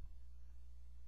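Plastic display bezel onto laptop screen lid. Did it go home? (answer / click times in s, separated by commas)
no / none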